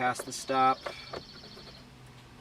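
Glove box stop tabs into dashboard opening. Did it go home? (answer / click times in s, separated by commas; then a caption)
no / none. After replacing the cabin air filter on a 2004 Honda Odyssey, the plastic glove box is being pushed back past its stop tabs into the dashboard opening while someone talks. The voice is followed by a quiet, steady hum. Nothing has seated or clicked yet.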